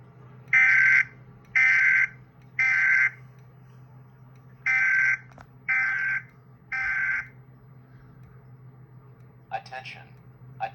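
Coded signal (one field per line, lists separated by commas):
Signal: alarm pattern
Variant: temporal-3 evacuation tone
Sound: harsh buzzing horn: three half-second blasts, pause, three more, then clattering noise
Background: low electrical hum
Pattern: temporal three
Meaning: Temporal-3 fire alarm signal: evacuate the building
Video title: Voice evac with Tom voice and EAS code 3 tone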